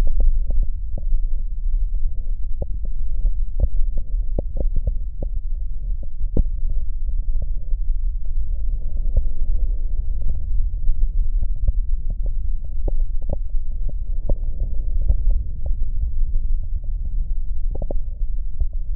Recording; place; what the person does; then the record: lung sounds by stethoscope; right posterior basal chest; quiet breathing, then deep breathing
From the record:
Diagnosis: COPD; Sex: male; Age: 57 years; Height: 165 cm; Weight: 85.7 kg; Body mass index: 31.5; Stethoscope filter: extended mode